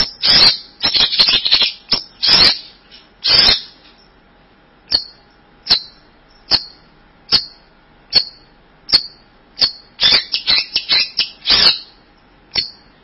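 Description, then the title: Bird with bursts of fast scratchy chirping, then single short chirps at regular intervals, then more rapid chirps. "burung online"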